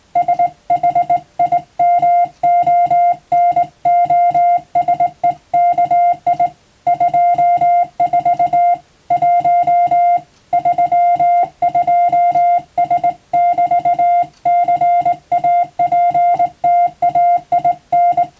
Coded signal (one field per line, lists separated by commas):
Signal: Morse code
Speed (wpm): 20 wpm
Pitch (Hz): 700 Hz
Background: music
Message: SHIMONOSEKI 24 1 32S<BT>CAPTAIN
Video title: 無線通信士の国家試験の練習風景です。電鍵を操作する電気通信術の実技試験もあります。アマチュア無線ハムの受信練習にもどうぞ(morse code practice radio operator )